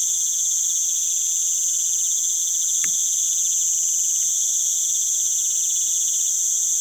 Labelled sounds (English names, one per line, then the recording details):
none
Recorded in pastures near Puerto Asís, Putumayo, Colombia, on 30 June 2025 at 19:00
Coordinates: 0.486, -76.323
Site H29